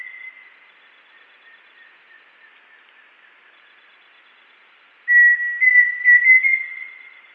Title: LuckyPassaro Completos2Sama. Pheasant Cuckoo (Dromococcyx phasianellus)